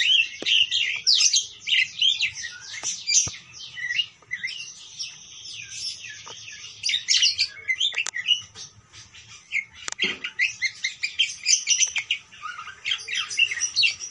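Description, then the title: Parakeet chattering busily, dense squeaky chirps and warbled notes running almost nonstop, with a few louder sharp calls breaking through. "Parkit"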